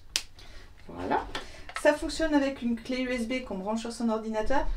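A small backup lavalier microphone's spring clip is snapped onto clothing, an outfit rather than a tie, giving a sharp snap at 0.16 s as the clip seats. A quieter sound follows at about 0.4 s, and then someone talks for the rest of the clip.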